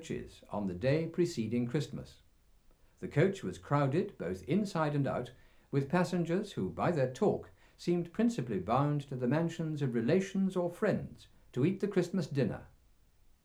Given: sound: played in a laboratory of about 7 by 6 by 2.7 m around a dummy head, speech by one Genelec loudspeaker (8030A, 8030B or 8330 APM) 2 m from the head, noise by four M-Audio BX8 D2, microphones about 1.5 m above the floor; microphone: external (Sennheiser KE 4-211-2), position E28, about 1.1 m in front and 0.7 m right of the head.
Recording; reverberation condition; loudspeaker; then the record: male speech in English; low; in front (0 degrees)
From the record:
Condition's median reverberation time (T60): about 310 ms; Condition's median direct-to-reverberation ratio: about 3.5 dB